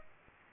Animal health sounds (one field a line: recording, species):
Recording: mosquito wingbeat signal from an infrared sensor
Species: Aedes aegypti